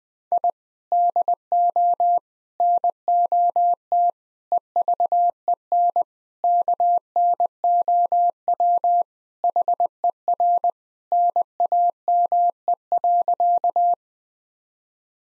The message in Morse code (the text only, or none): I DO NOT EVEN KNOW HER NAME.